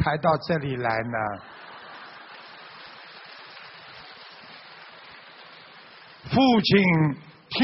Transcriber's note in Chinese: 掌声